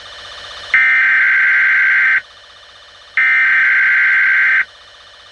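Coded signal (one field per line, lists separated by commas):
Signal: Emergency Alert System (SAME) tones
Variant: header bursts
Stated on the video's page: Fictional alert scenario.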